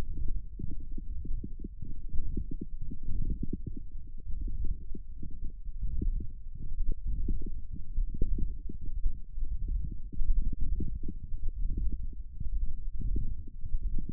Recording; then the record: forearm muscle sounds (acoustic myography)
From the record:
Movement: ulnar deviation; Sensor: system 1, eight BSWA MPA416 microphones around the upper forearm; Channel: 8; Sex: male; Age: 23 years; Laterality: right